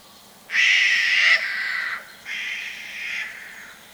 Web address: son de communication entre les pies bleues de steller